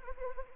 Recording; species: mosquito wingbeat signal from an infrared sensor; Anopheles arabiensis